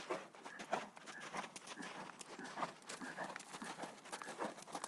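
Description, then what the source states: Galloping horses give a continuous, rolling patter of dull hoof strikes at a brisk, uneven pace. Horses galloping outside on sand.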